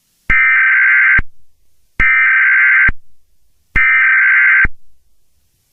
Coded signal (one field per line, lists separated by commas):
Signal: Emergency Alert System (SAME) tones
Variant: header bursts